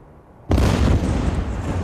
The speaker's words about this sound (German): Wie üblich schien es allen die lauteste Detonation, die sie je gehört hatten. Lauter als Bad Godesberg, lauter als alle Schlachten, in denen Joseph mitgekämpft hatte.